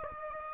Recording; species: mosquito wingbeat signal from an infrared sensor; Aedes aegypti